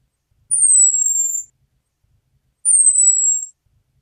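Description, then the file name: Orange-headed thrush uttering two long, thin, high-pitched whistles that fall slightly in pitch, spaced about two seconds apart against a quiet background. Female. "suara am betina omkicau"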